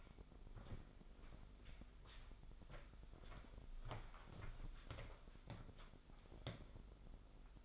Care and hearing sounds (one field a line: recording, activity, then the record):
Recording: daily activity, microphone in the room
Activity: walk to room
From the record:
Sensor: 5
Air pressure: 995.7 hPa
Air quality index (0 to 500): 92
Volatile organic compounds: 5 ppm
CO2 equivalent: 1734 ppm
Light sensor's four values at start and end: 39/94/38/39 and 38/91/37/39